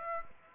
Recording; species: mosquito wingbeat signal from an infrared sensor; Aedes aegypti